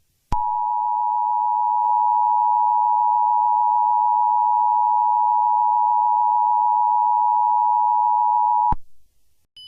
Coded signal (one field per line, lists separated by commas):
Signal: Emergency Alert System (SAME) tones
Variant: 853 and 960 Hz attention tone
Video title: English Or Spanish? (An EAS Mock)